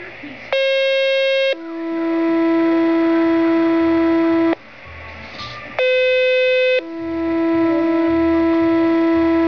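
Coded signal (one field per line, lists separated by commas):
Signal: two-tone page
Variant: Motorola Minitor II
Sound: two sequential tone pages: short higher tone then long lower tone, twice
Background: radio static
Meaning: Pager test; the first tone pair alerts fire and ambulance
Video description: dispatch conducting the 6PM pager test. the first tone is for the Fire and Ambulance, and the rest you can hear what they're for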